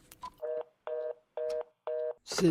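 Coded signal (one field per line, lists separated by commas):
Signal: telephone call progress tone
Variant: North America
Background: speech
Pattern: reorder tone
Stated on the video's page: Telephone tones in a fictional audio drama.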